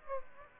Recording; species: mosquito wingbeat signal from an infrared sensor; Aedes aegypti